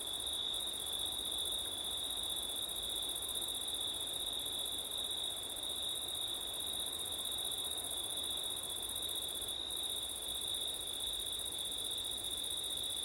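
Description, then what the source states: Crickets trill continuously in a bright, high chorus lasting the full stretch, steady in pitch and loudness. Crickets on a September night with wind; labelled ortif.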